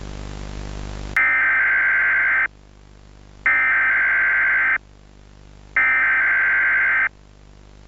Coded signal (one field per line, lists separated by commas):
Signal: Emergency Alert System (SAME) tones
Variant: header bursts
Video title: The emergency alert system VHS (poppy playtime chapter 3)